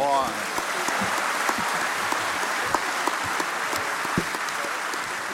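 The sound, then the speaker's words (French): A group applauds a good answer during a quiz game, with dense, steady clapping that holds at an even loudness for about five seconds, sharp individual claps poking out of the wash, with a brief voice at the very start. “On se dit qu'on applaudit dès qu'il y a une bonne réponse.”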